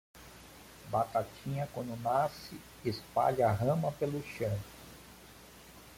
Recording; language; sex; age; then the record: short text; Brazilian Portuguese; male; 50 to 59 years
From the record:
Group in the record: control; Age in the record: 54 years